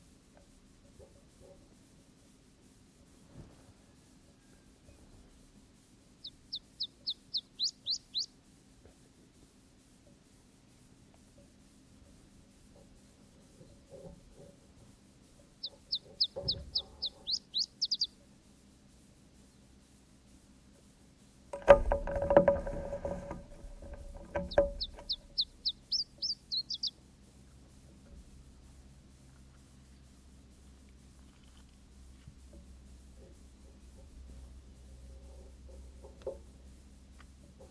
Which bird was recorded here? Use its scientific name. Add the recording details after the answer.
Phylloscopus ibericus. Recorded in the wild. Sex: male. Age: adult. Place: Ramales de la Victoria, Nordspanien, Kantabrien, ES. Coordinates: 43.25, -3.46667. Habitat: meadow with bushes (e.g. blackberry) and small trees. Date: 1964-04-30 16:00. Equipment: Nagra III PH, teils Richtmikrophon, teils Parapolspiegelmikrophon, LGS26. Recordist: Sapper and Schneider, H.-J. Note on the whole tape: Phylloscopus collybita brehmii (alte Bezeichnung, inzwischen eigene Art): Gesang. Bis 9:30 min. Aufnahme mit Richtmikrophon, anschließend mit Parabolspiegelmikrophon